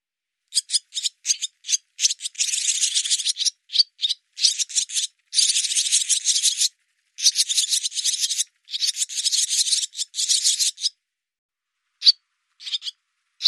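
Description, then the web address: Barn swallow chattering in dense, rasping rattles, with long grating runs broken by brief gaps and a few isolated harsh notes near the end. "cianscape birddata Deverinetal 2025"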